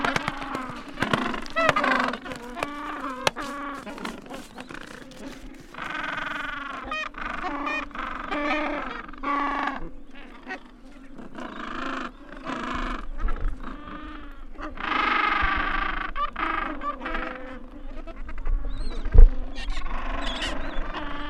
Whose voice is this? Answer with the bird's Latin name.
Pygoscelis papua